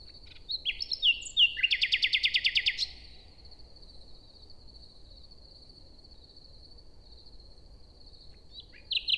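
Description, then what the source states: Common nightingale song: a varied phrase with a loud rapid trill of repeated notes, then a long pause, with a new phrase starting near the end. Singing a kind of morning song inside a forest near Hoscheid, Luxembourg, early on a summer morning at sunrise after a wet night.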